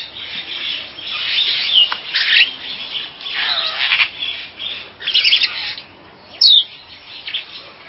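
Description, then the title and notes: Bird chirps and squawky calls, dense overlapping bursts of harsh notes and brief whistled phrases, with a short sharp high note near the end. "Bird Sound. Kicau Burung Lengkap"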